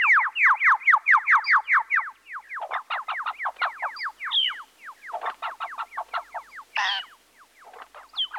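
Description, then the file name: Birds chattering busily with quick, downslurred chirps in fast runs, broken by a few harsher notes and short pauses. "Busy Birds"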